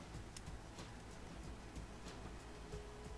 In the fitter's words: click right in there